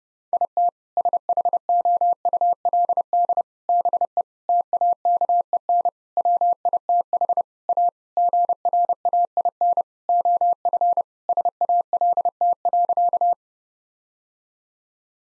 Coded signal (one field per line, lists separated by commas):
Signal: Morse code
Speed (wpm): 29 wpm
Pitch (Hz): 700 Hz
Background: none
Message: IT SHOULD BE TAKEN WITH A GRAIN OF SALT.